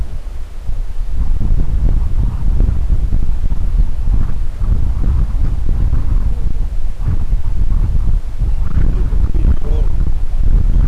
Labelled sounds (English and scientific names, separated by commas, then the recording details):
Gentoo Penguin (Pygoscelis papua)
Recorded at the colony at Stromness, on 23 December 2014
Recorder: Song Meter SM2+